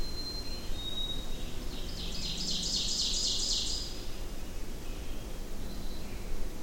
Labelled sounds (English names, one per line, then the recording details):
Ovenbird song
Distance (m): 40 m
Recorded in boreal forest in Alberta, Canada, on 25 June 2016 at 08:46
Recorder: SongMeter 3, array SBT-6-76
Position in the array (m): 34 m, 109 m
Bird 2